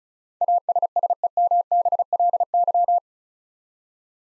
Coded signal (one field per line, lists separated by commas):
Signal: Morse code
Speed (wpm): 34 wpm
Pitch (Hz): 700 Hz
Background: none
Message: ASSEMBLY